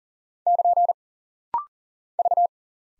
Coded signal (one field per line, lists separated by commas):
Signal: Morse code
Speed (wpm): 39 wpm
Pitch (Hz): 700 Hz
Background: none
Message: <KN> V